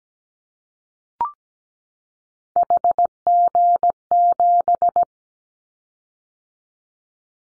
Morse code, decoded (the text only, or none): HG7